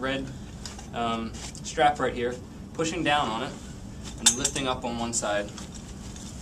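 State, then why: Not seated. Someone talks while handling the centre floor hub of a Graco Pack 'n Play playard frame, pushing down on its red strap and lifting up on one side, with light clinking handling sounds under the speech. The hub has not popped into place yet; nothing has seated or clicked in this clip.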